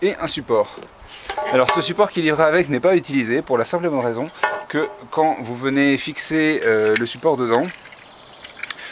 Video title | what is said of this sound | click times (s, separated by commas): anyCase iDesk pour le nouvel iPad | fort et en fait le support ne se clipse pas ce qui fait que c'est hyper dangereux pour votre tablette parce qu'elle ne détiendra pas | none